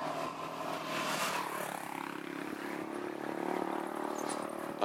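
A motorcycle approaching fast, its engine roaring steadily for several seconds, its buzzing tone sliding and shifting in pitch as it revs, with no voices over it.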